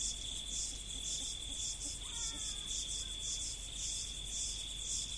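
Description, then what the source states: Insects chirping in regular high pulses about twice a second over a constant high whine, with a faint wavering lower sound midway. Recorded in the prairie.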